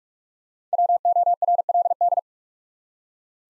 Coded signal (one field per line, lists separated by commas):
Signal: Morse code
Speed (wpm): 45 wpm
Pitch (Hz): 700 Hz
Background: none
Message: WORLD